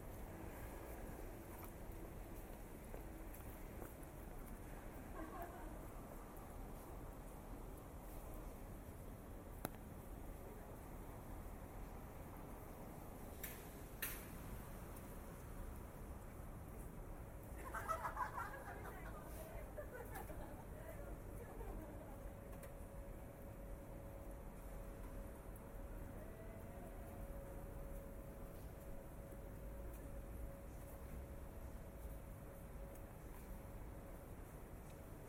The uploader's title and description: WALKING IN THE RAIN TOKYO JAPAN. Walking in the streets of Tokyo, Japan